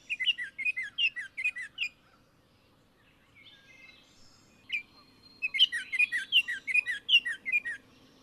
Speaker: This is what a Baltimore Oriole sounds like.